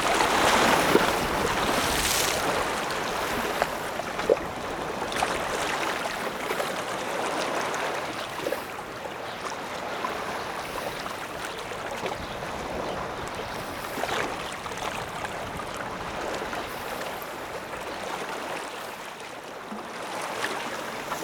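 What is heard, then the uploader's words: Wind-driven water laps steadily along a lake shore, a dense rushing wash with louder splashes near the start and around fourteen seconds. Lake Shore on a Windy Day.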